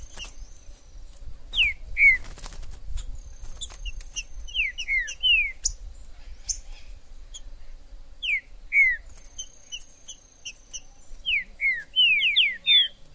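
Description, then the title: Green-winged saltator song: bursts of loud, clear whistled notes, mostly falling in pitch, repeated in short phrases, with clicks and other bird chirps in the background. In the forest: singing, chirping and acting territorial in competition; used to rouse a kept saltator. "TRINCA Piando, Cantando E Macheando Na DISPUTA. TRINCA FERRO no MATO. Trinca ferro MAJOR no MATO"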